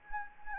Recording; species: mosquito wingbeat signal from an infrared sensor; Anopheles gambiae